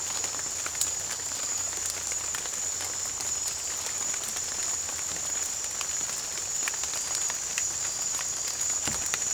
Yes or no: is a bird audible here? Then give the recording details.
no. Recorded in pastures near Puerto Asís, Putumayo, Colombia, on 22 December 2024 at 19:30. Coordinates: 0.487, -76.322. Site GP09